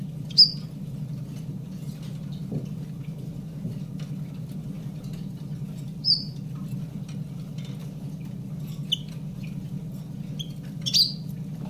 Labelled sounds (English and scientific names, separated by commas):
Common Chiffchaff (Phylloscopus collybita)